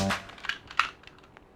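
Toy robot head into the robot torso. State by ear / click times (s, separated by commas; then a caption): seated / 0.8 s. A head piece is pushed into a die-cast toy robot's body, with light plastic ticks and scrapes before a sharp click at 0.8 s as the head locks into the torso. A few faint ticks follow as the head sits locked in place.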